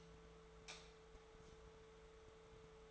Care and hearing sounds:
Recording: daily activity, microphone in the room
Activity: light off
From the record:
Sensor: 3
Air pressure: 1014.7 hPa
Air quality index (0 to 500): 192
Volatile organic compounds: 24 ppm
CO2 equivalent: 2812 ppm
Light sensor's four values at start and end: 26/68/28/29 and 37/93/39/42

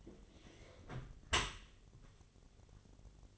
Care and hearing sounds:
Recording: daily activity, microphone in the room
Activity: close dishwasher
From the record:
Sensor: 4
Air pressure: 1007.4 hPa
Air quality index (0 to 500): 198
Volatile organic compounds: 7 ppm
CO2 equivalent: 1972 ppm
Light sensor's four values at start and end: 22/71/27/26 and 22/71/27/26

